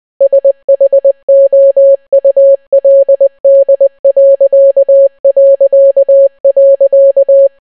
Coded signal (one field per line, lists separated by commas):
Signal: Morse code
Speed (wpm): 20 wpm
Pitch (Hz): 550 Hz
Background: none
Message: SHOULD...